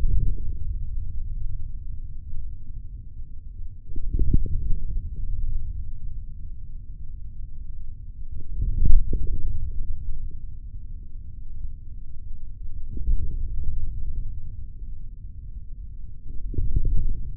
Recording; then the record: forearm muscle sounds (acoustic myography)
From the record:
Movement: forearm pronation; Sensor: system 3, bracelet of six PUI Audio POM-2738L microphones around the upper forearm, with dedicated amplification and filtering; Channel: 1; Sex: male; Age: 23 years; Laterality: right